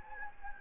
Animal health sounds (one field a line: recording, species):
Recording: mosquito wingbeat signal from an infrared sensor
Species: Anopheles gambiae